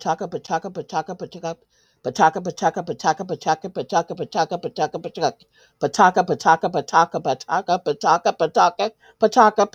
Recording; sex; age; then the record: repeated syllables /pa ta ka/; female; 60 to 69 years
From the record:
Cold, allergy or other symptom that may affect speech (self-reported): no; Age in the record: 64 years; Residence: Ohio, United States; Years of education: 15